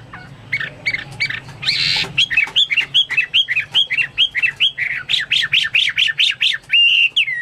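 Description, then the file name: Chinese hwamei song, a few whistles and a harsh burst, then a fast run of repeated slurred whistles, ending in a sustained note. "omkicau hwamei"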